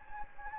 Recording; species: mosquito wingbeat signal from an infrared sensor; Anopheles gambiae